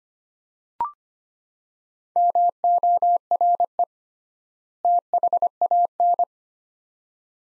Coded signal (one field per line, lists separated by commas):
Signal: Morse code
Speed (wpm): 25 wpm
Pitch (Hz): 700 Hz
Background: none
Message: MORE THAN